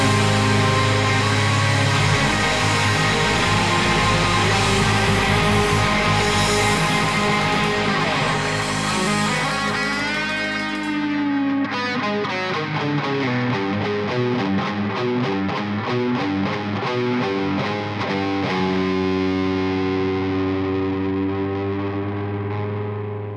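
A loud rock song with heavily distorted, effects-laden guitars and a thick low end. Around the midpoint the bass drops out and the band shifts into a choppy, pulsing rhythmic section.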